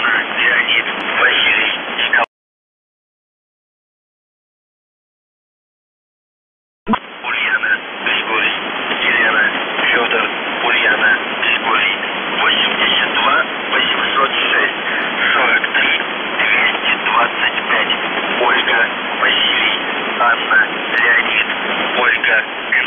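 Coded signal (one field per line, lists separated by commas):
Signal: numbers station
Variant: UVB-76 voice message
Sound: a voice speaking through heavy hiss, briefly cut to silence, then continuing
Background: radio static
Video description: The Buzzer/UVB-76(4625Khz) August 24, 2021 Voice messages; 00:00 0333z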